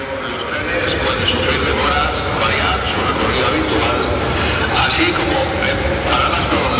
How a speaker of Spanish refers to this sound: Megafonía avisa a los viajeros que empiezan a llegar a la estación de que los trenes pues pueden sufrir demoras.